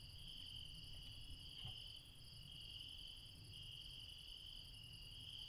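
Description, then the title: Insect chorus of continuous shrill trills in stacked pitches, unbroken for the whole stretch, over soft low rumbling. Late night in the mountains at Refuge Krevatia, Barbala, Dion, Greece. "Refuge Krevatia, Μπαρμπαλά, Dion 601 00, Greece - Late night mountain insects"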